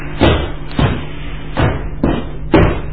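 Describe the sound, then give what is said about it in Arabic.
Heavy, repeated banging on a locked door: five loud, booming thuds spaced about half a second apart, each with a deep low-end impact and a short rattle, with no voices. “الباب مغلق. سوف أجعلهم يفتحونه.”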